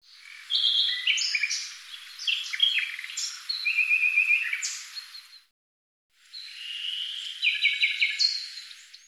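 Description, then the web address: Bird song, quick jumbled high chirps and whistled notes in two phrases separated by a short gap, one phrase including a fast trill. "Deverinetal 2025"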